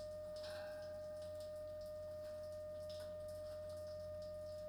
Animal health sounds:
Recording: poultry house recording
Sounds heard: no chicken sound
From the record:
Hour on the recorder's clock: 21

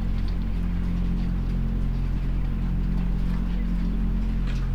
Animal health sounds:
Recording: poultry house recording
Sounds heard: sick chickens (respiratory disease)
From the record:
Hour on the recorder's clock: 22

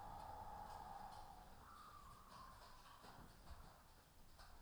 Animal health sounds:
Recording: poultry house recording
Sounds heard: healthy chickens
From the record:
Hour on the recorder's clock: 13

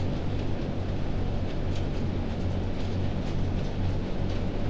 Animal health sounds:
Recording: poultry house recording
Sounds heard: no chicken sound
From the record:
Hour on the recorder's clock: 1

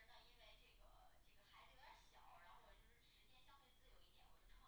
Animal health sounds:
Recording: poultry house recording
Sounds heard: no chicken sound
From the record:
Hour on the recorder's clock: 10

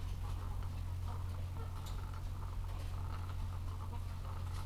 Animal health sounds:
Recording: poultry house recording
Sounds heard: sick chickens (respiratory disease)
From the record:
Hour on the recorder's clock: 14

